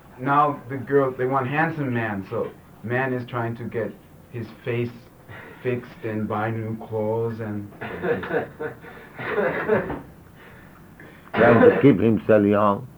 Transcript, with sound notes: Now the girls, they want handsome man, so man is trying to get his face fixed and buy new clothes and...
[laughter] Trying to keep himself young.